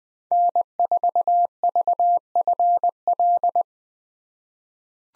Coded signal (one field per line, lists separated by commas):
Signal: Morse code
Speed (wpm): 20 wpm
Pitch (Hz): 700 Hz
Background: none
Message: N4VFL